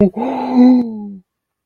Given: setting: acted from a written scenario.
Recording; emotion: vocal sound without words; fear